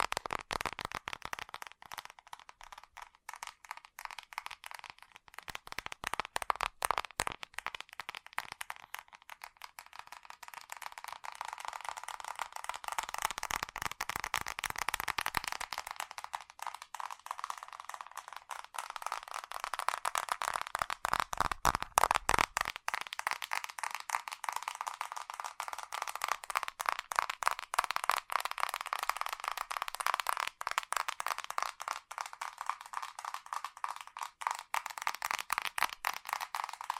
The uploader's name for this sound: Fast Tapping